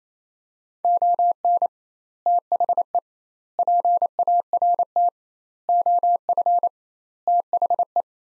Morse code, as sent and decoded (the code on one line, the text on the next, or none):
--- -. / - .... . / .--. .- .-. - / --- ..-. / - .... .
ON THE PART OF THE